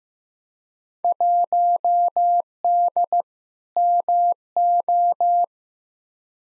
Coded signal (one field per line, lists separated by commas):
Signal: Morse code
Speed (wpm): 15 wpm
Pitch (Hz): 700 Hz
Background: none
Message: 1D MO